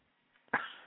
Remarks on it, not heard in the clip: I'm having some respiratory problems over here. I'm over here just coughing.